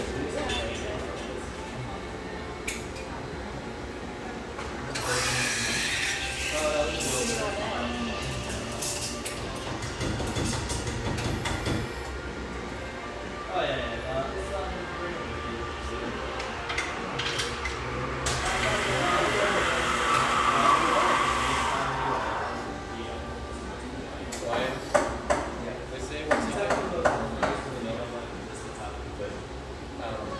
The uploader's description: lively ambience from this rustic, bayside coffeeshop